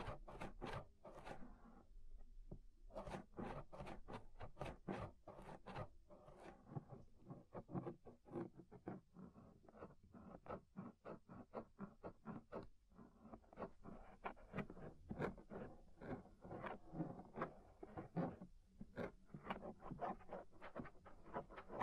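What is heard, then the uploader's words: Crackly scraping inside the ear, with dense rapid clicks and rustles repeating irregularly throughout and a low steady rumble beneath. Inner and Outer Ear Scraping (No Talking).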